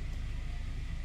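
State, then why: Not seated. The curtain fastener on a bus window is being tidied and pressed shut by hand, with a steady low engine-like rumble and broadband hiss throughout. Nothing has seated or clicked yet.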